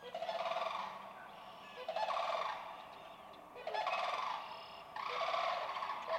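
Sandhill crane calling with drawn-out, rolling rattles, each lasting about a second, separated by brief pauses.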